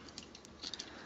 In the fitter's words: this one doesn't want to snap into place for some reason.